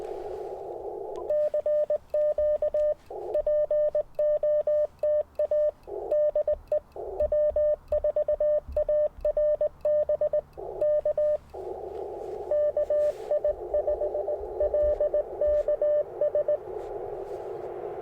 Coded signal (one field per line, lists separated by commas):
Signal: Morse code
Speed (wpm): 20 wpm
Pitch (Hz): 590 Hz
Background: radio noise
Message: CQ POTA DE W4ARB K KI5LKS